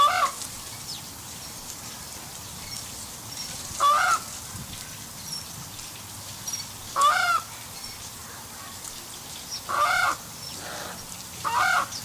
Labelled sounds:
African Spoonbill (Platalea alba) call

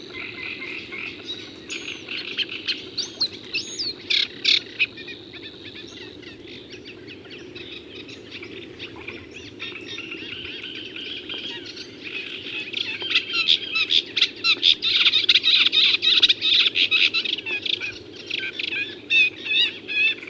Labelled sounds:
Sedge Warbler (Acrocephalus schoenobaenus) song

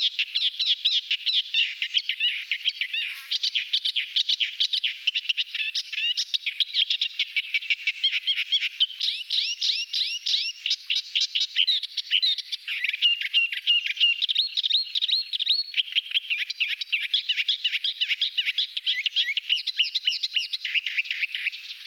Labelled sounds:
Thick-billed Warbler (Iduna aedon) song

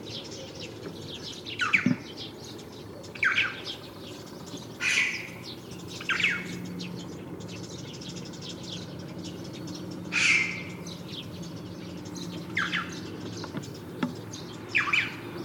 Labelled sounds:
Red-billed Chough (Pyrrhocorax pyrrhocorax) call

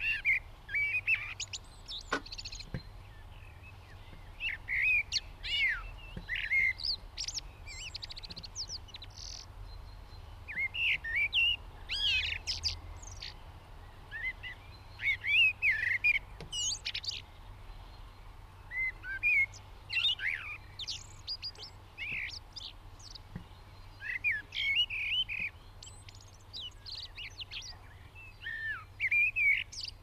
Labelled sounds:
Common Blackbird (Turdus merula) song

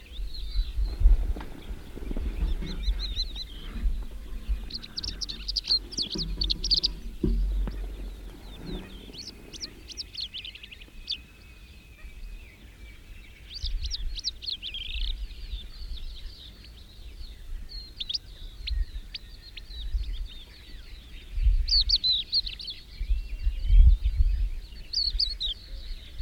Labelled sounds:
Crested Lark (Galerida cristata) song

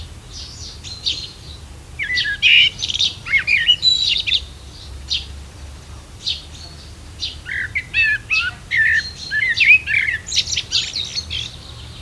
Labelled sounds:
Common Blackbird (Turdus merula) song

